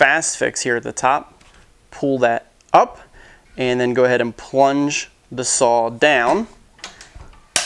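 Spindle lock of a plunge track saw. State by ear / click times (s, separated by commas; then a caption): seated / 7.6 s. On a Festool TS 55 REQ plunge-cut track saw, someone talks while the Fast Fix lever on top is pulled up and the saw is plunged down for a blade change. A few faint knocks are followed by one sharp click at 7.6 s as the spindle lock engages and locks in place.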